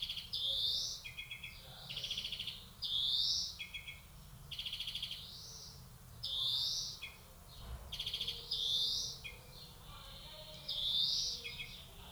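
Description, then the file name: European greenfinch repeats a pattern of loud, rising nasal wheezes separated by short rattling trills, every few seconds. "Chloris chloris"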